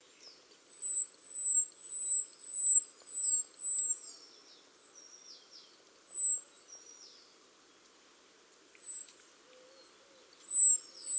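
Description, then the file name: Great tit calls: thin, high, slightly descending notes in quick runs of several, with softer lower notes after them, then pauses and single repeats. "Parus major"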